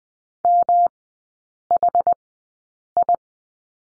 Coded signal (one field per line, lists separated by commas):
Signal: Morse code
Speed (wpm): 20 wpm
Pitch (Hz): 700 Hz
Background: none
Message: MHI